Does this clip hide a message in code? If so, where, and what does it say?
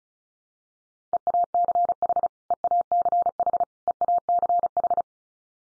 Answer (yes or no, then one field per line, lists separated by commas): yes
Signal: Morse code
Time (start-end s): 1.1-5.0 s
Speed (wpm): 34 wpm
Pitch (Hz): 700 Hz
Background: none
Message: EACH EACH EACH